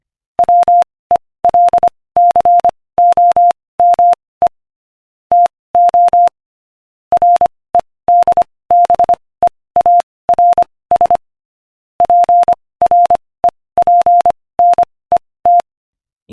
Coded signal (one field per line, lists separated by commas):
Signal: Morse code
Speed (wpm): 25 wpm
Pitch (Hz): 700 Hz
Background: none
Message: WELCOME TO REDBEARS PREPNET